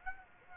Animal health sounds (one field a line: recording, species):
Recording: mosquito wingbeat signal from an infrared sensor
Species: Aedes aegypti